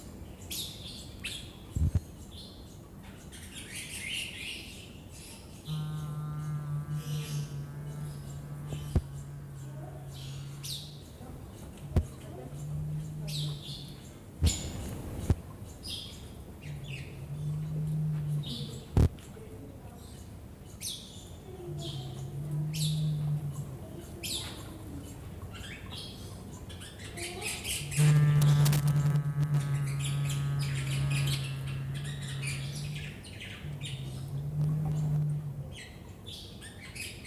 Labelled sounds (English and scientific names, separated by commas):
Victoria Crowned Pigeon (Goura victoria) call